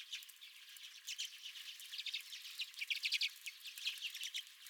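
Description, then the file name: Redpoll flock chatter: many rapid, high, dry chit notes and short twitters overlapping. Redpolls at the recordist's feeder. "Redpolls at My Feeder"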